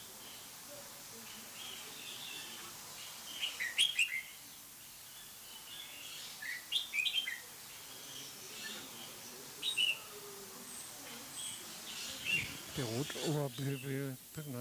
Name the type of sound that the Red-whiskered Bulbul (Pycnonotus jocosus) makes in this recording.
song